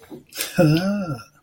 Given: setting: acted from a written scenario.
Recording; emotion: vocal sound without words; desire